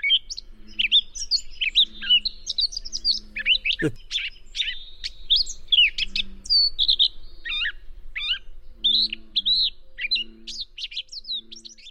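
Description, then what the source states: Lark song, a rich run of varied whistles, trills and chirps in quick succession, with a low humming tone beneath several phrases and one sharp click midway. Masteran tutor recording for training songbirds.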